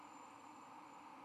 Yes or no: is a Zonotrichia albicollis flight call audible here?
no